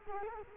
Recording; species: mosquito wingbeat signal from an infrared sensor; Culex quinquefasciatus